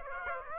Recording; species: mosquito wingbeat signal from an infrared sensor; Aedes aegypti